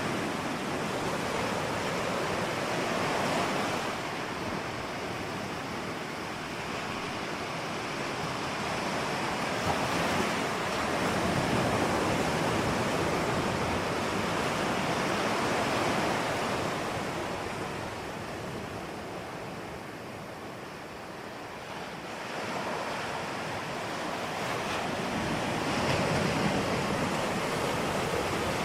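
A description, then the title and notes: Sea sounds roll on steadily, a dense, hissing wash of surf that swells slightly around ten to fifteen seconds and eases near twenty. Sea nature.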